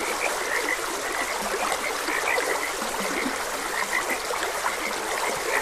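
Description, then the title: Frogs croaking in a chorus of short, repeated high chirps over a steady rush of flowing stream water. Frogs croaking beside a gentle stream. "Gentle Stream and Frogs Croaking"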